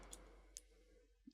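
A metal airflow ring is pressed onto the body of a rebuildable tank atomizer. A faint tick comes at 0.1 s, then a sharp, bright click at 0.6 s as the ring pops on and seats.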